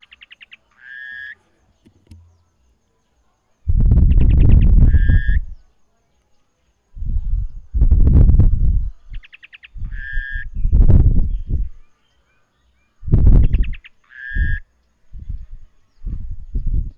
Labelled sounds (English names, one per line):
Brubru